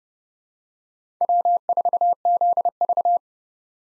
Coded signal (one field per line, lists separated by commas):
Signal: Morse code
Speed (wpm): 31 wpm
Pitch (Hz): 700 Hz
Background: none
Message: W4ZV